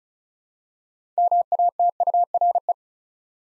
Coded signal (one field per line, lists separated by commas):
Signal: Morse code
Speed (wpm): 36 wpm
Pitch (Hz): 700 Hz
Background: none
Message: MATURE